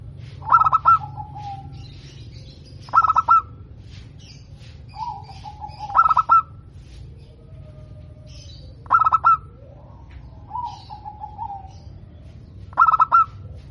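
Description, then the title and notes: Zebra dove song: crisp clusters of fast cooing notes repeating every few seconds, with softer wavering coos in the gaps and a low hum underneath. Local (lokal) bird, described as singing actively (gacor) with a clear, ringing, loud voice (suara kristal lantang). "PERKUTUT LOKAL GACOR Suara KRISTAL LANTANG. Kicau Burung Perkutut"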